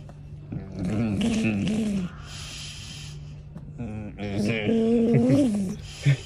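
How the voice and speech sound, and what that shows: An adult man produces two bursts of effortful, tense voicing with drawn-out vowel-like sounds, separated by hissy breath noise. No words come through clearly. This is strained, dysarthric speech more than a year after a brain injury, with a device fitted at the throat: the voice is squeezed out with great effort and is hard to understand.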